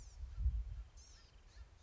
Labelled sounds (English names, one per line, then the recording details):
Blue-gray Gnatcatcher
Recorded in Sonoma County, California